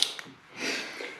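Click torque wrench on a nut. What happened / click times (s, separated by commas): The torque wrench clicked at its set torque / 0.0 s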